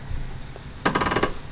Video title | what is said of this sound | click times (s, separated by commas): JEEP RENEGADE TRAILER HITCH (RETROFIT KIT) RENEGADE READY | be very easy you just got to turn it counterclockwise you can hear it click | 0.9 s